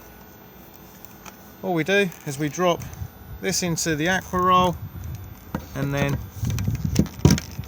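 Someone talks while the plastic water filter plug on the water roll hose is handled at the external water inlet socket of a Swift Lifestyle 4SB caravan, with brief sharp knocks and rattles toward the end. Nothing has seated or clicked yet.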